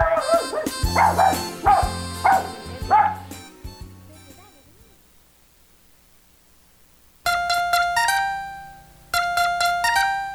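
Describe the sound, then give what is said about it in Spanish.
A small dog yaps several times in quick, high-pitched bursts over a bright backing, introducing the segment 'Los consejos del perrito Pipo' on the radio show Niños y Alegría, La Voladora Radio 97.3 FM, followed by a quiet pause and then a chiming musical jingle. “Los consejos del perrito Pipo.”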